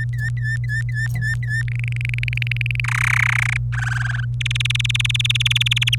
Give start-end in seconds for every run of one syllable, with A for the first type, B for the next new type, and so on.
0.00-1.62 A, 1.68-2.80 B, 2.84-3.57 C, 3.73-4.25 D, 4.41-5.95 E